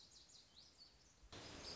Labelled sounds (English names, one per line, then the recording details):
Lazuli Bunting
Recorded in Sonoma County, California